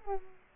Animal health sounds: mosquito wingbeat signal from an infrared sensor; Culex quinquefasciatus

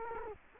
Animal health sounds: mosquito wingbeat signal from an infrared sensor; Culex quinquefasciatus

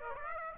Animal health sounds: mosquito wingbeat signal from an infrared sensor; Aedes aegypti

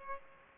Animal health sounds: mosquito wingbeat signal from an infrared sensor; Aedes aegypti

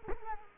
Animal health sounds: mosquito wingbeat signal from an infrared sensor; Culex quinquefasciatus

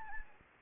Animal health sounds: mosquito wingbeat signal from an infrared sensor; Anopheles gambiae

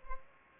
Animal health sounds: mosquito wingbeat signal from an infrared sensor; Culex pipiens

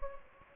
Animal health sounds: mosquito wingbeat signal from an infrared sensor; Anopheles gambiae

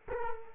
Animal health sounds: mosquito wingbeat signal from an infrared sensor; Culex quinquefasciatus

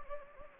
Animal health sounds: mosquito wingbeat signal from an infrared sensor; Anopheles gambiae

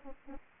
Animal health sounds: mosquito wingbeat signal from an infrared sensor; Anopheles arabiensis

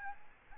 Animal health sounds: mosquito wingbeat signal from an infrared sensor; Aedes albopictus

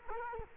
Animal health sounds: mosquito wingbeat signal from an infrared sensor; Culex quinquefasciatus

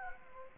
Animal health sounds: mosquito wingbeat signal from an infrared sensor; Aedes aegypti

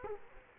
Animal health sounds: mosquito wingbeat signal from an infrared sensor; Culex quinquefasciatus

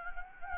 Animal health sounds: mosquito wingbeat signal from an infrared sensor; Anopheles gambiae

